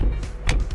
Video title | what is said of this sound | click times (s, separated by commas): ULASAN LENGKAP BOMAC EXCAVATOR BE62-9E-CT - MENGGUNAKAN MESIN YANMAR MADE IN JAPAN!! | Nah, langsung sudah terkunci ya. | 0.5 s